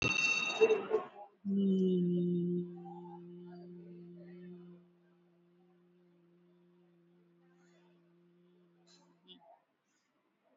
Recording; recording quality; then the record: sustained vowel as in beet; excellent, no background noise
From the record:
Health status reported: COVID-19 positive, moderate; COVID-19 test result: positive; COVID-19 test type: RT-PCR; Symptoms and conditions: cough, fever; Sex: female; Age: 45 years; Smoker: no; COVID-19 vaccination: one dose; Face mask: worn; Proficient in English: yes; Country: India